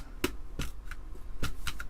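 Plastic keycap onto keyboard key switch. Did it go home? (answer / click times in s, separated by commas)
no / none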